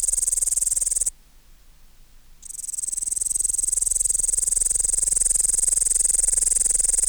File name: Tettigonia cantans